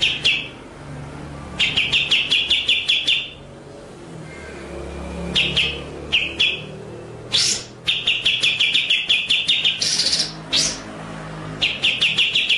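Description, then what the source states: White-rumped shama song of repeated chattering trill runs, each a fast string of clicky notes, punctuated by sharp high bursts and pauses, with faint background hum. Masteran (training) track of full song in the ngerol (rolling) and nembak (shooting) styles.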